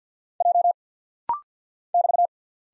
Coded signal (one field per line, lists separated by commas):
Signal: Morse code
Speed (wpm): 50 wpm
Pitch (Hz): 700 Hz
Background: none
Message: J <BT>